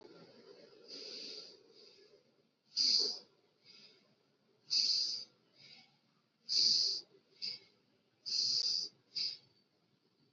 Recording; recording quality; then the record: deep breathing; excellent, no background noise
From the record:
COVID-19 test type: RT-PCR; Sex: male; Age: 29 years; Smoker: no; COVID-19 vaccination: both doses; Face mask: worn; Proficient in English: yes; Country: India